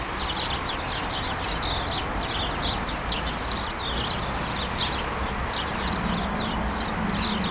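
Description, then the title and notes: Sparrows chattering continuously, many short high chirps overlapping, with a steady low background hum. Countless sparrows gathered in a hedge on Urbanstraße, attracted by birdseed balls hung there by residents; recorded January 17, 2009. "urbanstraße: spatzen in einer hecke - the city, the country & me: sparrows in a hedge. unzählige spatzen, angelockt von meisenknödeln, die von anwohnern in einer hecke angebracht wurden. january 17, 2009"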